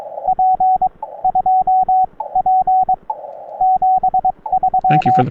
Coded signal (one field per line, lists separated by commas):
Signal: Morse code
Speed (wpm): 22 wpm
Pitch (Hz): 750 Hz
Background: radio noise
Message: P 2P 73